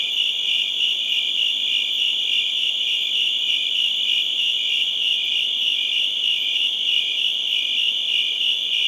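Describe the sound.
Many crickets trilling together, a constant high, pulsing drone that never pauses across the whole stretch.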